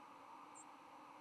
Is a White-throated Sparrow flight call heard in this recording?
no